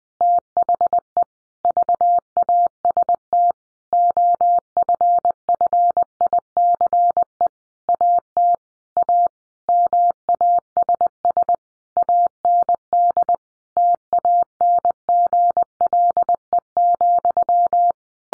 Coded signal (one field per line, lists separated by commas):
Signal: Morse code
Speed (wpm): 20 wpm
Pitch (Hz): 700 Hz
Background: none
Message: THE VAST OFFICE AT A MASS AND TANGLE,